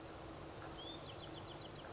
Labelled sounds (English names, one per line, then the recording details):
Bewick's Wren
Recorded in Sonoma County, California